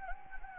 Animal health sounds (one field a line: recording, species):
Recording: mosquito wingbeat signal from an infrared sensor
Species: Anopheles gambiae